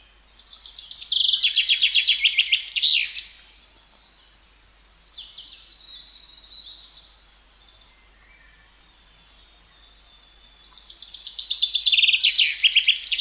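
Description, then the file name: Common chaffinch singing, one complete cascading trill with a terminal flourish, then quiet with bird notes before the next phrase begins at the end. "Fringilla coelebs"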